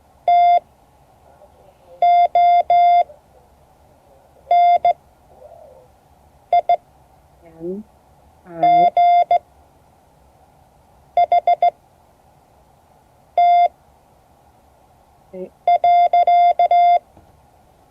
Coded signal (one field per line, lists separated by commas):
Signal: Morse code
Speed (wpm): 16 wpm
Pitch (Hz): 690 Hz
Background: none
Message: TONIGHT.